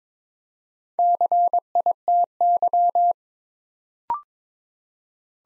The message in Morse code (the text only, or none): CITY